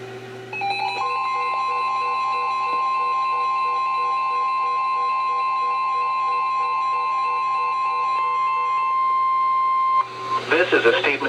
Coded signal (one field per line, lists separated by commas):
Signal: Emergency Alert System (SAME) tones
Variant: 1050 Hz attention tone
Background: speech